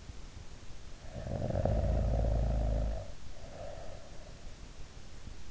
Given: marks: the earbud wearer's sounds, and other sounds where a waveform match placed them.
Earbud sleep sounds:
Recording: sounds in sleep by an in-ear microphone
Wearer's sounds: snoring breath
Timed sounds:
0.73-4.20 s: snoring breath

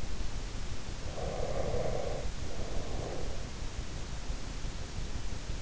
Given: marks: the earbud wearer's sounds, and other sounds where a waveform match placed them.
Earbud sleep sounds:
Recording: sounds in sleep by an in-ear microphone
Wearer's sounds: breath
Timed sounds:
0.92-3.50 s: breath

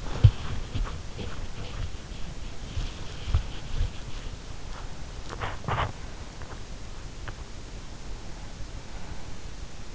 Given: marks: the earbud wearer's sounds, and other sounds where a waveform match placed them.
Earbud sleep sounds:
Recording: sounds in sleep by an in-ear microphone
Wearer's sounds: body movement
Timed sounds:
0.00-7.50 s: body movement

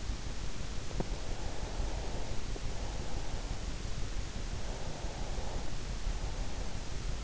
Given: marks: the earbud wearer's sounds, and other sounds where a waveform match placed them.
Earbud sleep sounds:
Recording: sounds in sleep by an in-ear microphone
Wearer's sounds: breath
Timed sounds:
1.01-3.87 s: breath
4.39-7.19 s: breath

